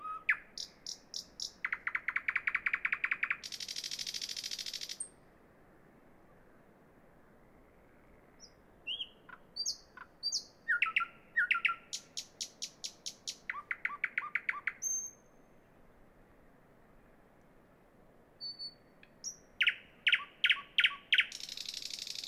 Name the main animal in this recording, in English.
Thrush Nightingale